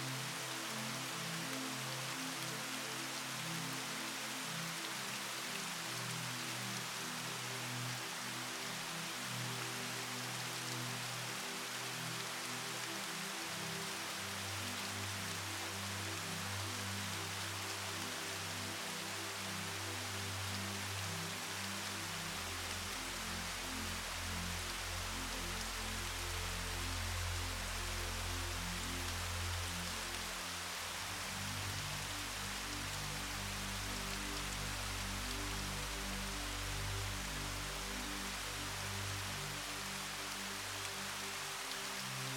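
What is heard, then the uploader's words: A waterfall's steady, dense rush fills the whole clip at an even level, full of hiss. Underneath, soft low sustained notes form a slow melody, shifting to new pitches around 13, 22 and 30 seconds. Soothing WATER Sounds and Musical HARMONY. Murmur of the waterfall, blending with soft melodies. Soothing water sounds and gentle musical harmony.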